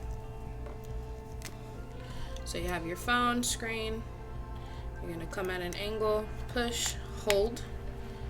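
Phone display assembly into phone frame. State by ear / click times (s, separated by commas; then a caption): not seated / none. A replacement iPhone 11 display is angled in at the top of the phone frame, pushed and held while someone talks over background music. Nothing has seated or clicked yet.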